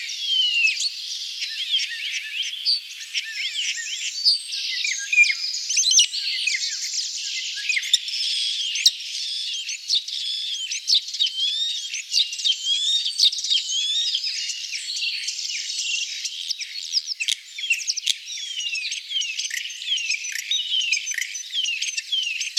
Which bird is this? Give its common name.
European Starling